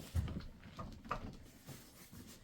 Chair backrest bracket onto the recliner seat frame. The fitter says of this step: And you'll hear it click into place.